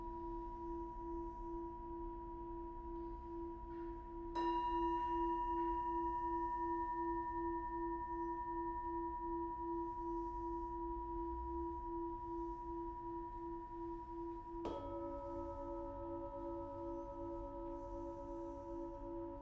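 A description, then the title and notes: Sustained ringing bowl tones for a sound bath, with a new strike near five seconds and another shifting the pitches around fifteen seconds. Sound Bath #008: Ravina Daswani. Recorded in December 2022, the paint had just dried in her new space and not all of her instruments were there. Each hit from other bowls shaped the sound in such unique ways. It was my first time for me to record a gong bath and I was surprised at how much power it had.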